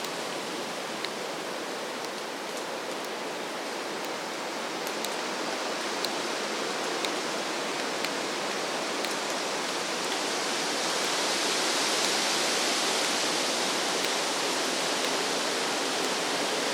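Woodland soundscape filled with a steady, dense rush like flowing water or rain, covering everything from low to bright tones. Faint clicks and snaps appear every second or so, like small twigs breaking. Around the twelfth second the hiss grows brighter and slightly louder.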